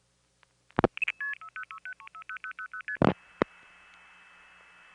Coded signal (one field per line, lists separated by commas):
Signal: multi-frequency trunk signalling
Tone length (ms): 80 ms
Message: 0630000ST